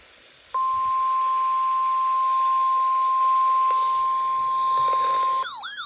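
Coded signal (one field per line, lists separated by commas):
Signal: Emergency Alert System (SAME) tones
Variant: 1050 Hz attention tone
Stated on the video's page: Severe thunderstorm warning from NOAA weather radio station KHC27.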